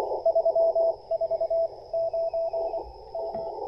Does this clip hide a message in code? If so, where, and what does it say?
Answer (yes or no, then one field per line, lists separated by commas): yes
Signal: Morse code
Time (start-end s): 0.3-3.5 s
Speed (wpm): 22 wpm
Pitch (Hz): 660 Hz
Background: none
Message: 349 M